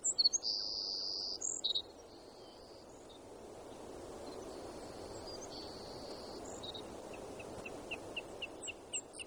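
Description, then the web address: Savannah sparrow singing a high buzzy phrase near the start, followed by fainter thin buzzes and a short series of high ticks near the end, against a constant hiss. Recorded in Alaska on 7 June 2018. "alaska BIRDS 20180607 Savannah"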